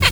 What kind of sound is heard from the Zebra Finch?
kackle call